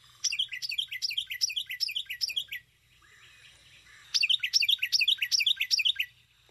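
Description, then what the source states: Carolina Wren song: loud, rolling whistled phrases repeated rapidly about six times, a pause of over a second, then a second matching bout of five or six phrases. Described as a lovely, very happy song; formerly not common in Washtenaw County, Michigan, now uncommon but always around.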